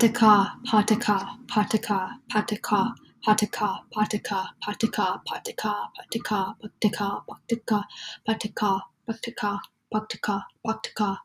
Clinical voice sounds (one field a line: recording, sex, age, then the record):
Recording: repeated syllables /pa ta ka/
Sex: female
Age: 20 to 29 years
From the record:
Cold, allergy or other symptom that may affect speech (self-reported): no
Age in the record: 22 years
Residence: Washington, United States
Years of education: 16